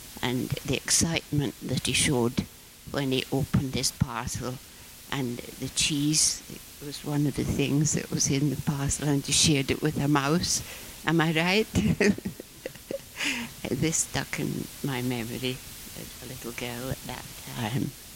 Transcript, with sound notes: and the excitement that he showed when he opened this parcel and the cheese was one of the things that was in the parcel and he shared it with a mouse. Am I right? [laughs] This stuck in my memory as a little girl at that time.